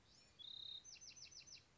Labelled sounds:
Bewick's Wren
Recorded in Sonoma County, California

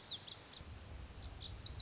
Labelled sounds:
Lazuli Bunting
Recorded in Sonoma County, California

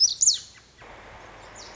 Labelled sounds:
Lazuli Bunting
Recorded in Sonoma County, California

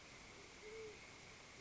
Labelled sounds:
Great Horned Owl
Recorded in Sonoma County, California

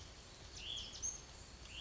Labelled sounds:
Hutton's Vireo
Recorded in Sonoma County, California

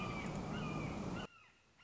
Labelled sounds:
Red-shouldered Hawk
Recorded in Sonoma County, California

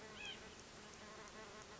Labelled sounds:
White-breasted Nuthatch
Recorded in Sonoma County, California

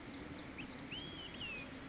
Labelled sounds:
Olive-sided Flycatcher
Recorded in Sonoma County, California

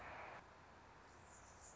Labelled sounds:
Anna's Hummingbird
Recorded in Sonoma County, California

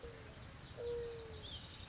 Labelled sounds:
Mourning Dove
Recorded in Sonoma County, California

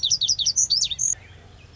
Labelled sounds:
Lazuli Bunting
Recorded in Sonoma County, California

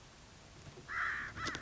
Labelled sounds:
American Crow
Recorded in Sonoma County, California

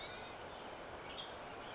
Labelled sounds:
Western Tanager
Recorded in Sonoma County, California

